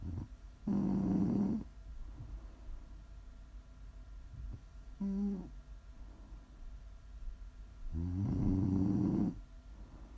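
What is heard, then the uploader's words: Snoring in slow, uneven breaths: a loud, buzzy rattling snore near the start, a short faint snort around the middle, and another long, rough snore near the end. Between them a low, steady hum fills the quiet gaps. ASMR snoring.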